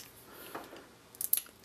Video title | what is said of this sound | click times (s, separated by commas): RCBS Lock-Out Die Disassembly Assembly | we replace the circlip snaps | 1.3 s